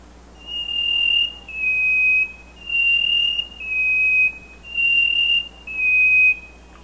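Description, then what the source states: Chestnut-breasted wren singing clear, level whistles in pairs, a higher note then a slightly lower one, repeated three times about every two seconds. Recorded in Ecuador.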